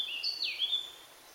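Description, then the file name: Eurasian blackcap song fragment: one brief fluty whistled phrase that rises, drops sharply and ends on a clear sustained note. "Sylvia atricapilla"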